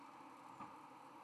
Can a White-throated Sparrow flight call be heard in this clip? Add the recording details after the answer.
yes. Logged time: 02:07 on 31 October 2014